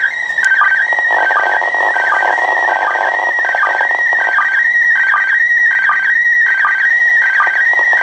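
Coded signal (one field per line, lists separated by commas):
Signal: SSTV (slow-scan television)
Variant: PD 180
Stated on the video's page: PD180 SSTV signal from the ISS, received at a home station on a Kenwood TM-V7 with a home-brew antenna.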